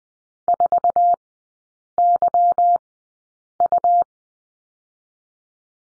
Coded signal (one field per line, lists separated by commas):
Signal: Morse code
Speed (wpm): 20 wpm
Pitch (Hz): 700 Hz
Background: none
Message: 4YU